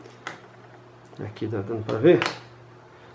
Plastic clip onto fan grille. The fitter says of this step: Aí já fez o clique, ela já sai do outro lado.